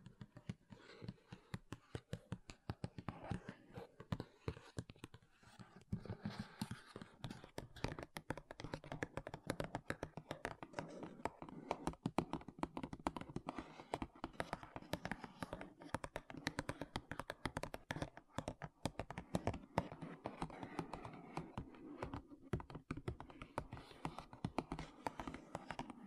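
Dense, rapid tapping and scratching on makeup containers runs for the whole stretch, sharp clicks packed closely with little pause. The taps come in quick irregular bursts, crisp and bright, with a soft scraping texture underneath and occasional heavier knocks.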